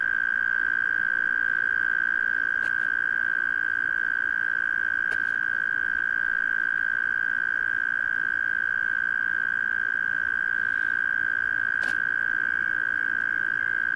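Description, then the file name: Cricket trill, a steady unbroken high-pitched tone held throughout, with a few faint clicks. Recorded in Australia. "INSECT AUS CRICKET"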